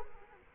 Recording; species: mosquito wingbeat signal from an infrared sensor; Culex quinquefasciatus